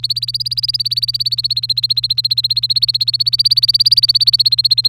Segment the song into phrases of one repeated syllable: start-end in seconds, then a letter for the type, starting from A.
0.00-4.89 A